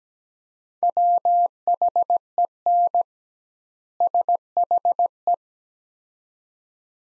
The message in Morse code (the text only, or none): WHEN SHE